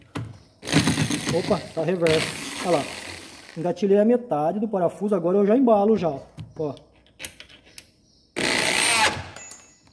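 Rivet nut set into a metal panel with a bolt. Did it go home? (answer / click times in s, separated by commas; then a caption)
no / none. A rivet nut is set into a metal panel by tightening a bolt through it with improvised shop tools instead of a rivet-nut tool, while someone talks. Short metallic clicks and scrapes sound near 0.2, 0.7 and 7.1–7.8 seconds, and a louder burst of noise follows near 8.4–9.5 seconds. The rivet nut has not locked yet; nothing has seated or clicked into place.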